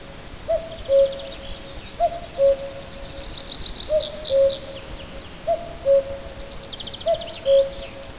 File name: Common Cuckoo Cuculus canorus